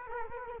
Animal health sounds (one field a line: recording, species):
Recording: mosquito wingbeat signal from an infrared sensor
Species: Culex quinquefasciatus